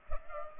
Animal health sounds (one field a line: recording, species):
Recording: mosquito wingbeat signal from an infrared sensor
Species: Culex pipiens